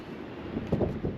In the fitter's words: And it should snap in there.